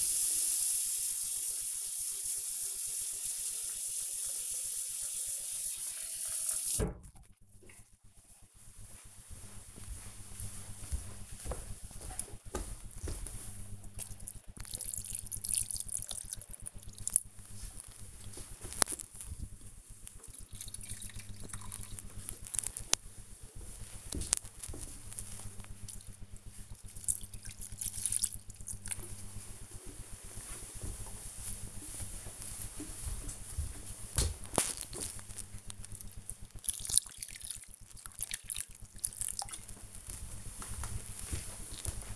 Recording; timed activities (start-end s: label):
household activities, microphone on the right wrist
0.00-42.16 s: watering plant